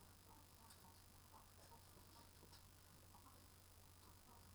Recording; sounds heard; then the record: poultry house recording; healthy chickens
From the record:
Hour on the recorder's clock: 19